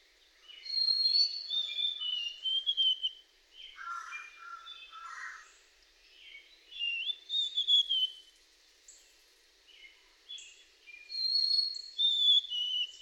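White-throated sparrow song, steady whistled tones dropping in steps, heard three times, with other birds chirping and warbling throughout.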